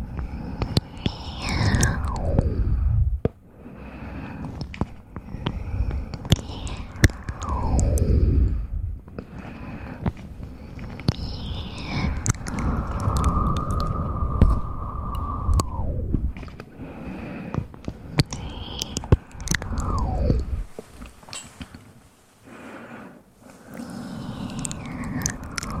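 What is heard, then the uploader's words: Mouth sounds made of repeated falling glides, each starting high and sliding down in pitch, arriving every few seconds. One in the middle holds a steady tone for about three seconds before dropping. Low breathy rumble and scattered clicks fill the gaps. Mouth sounds.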